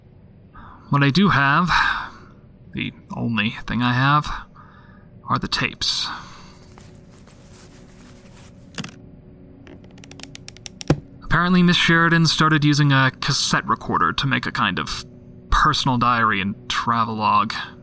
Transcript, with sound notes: What I do have — the only thing I have — are the tapes.
[Heavy leather case is lifted and dropped onto a desk]
Apparently Miss Sheridan started using a cassette recorder to make a kind of… Personal diary and travelogue.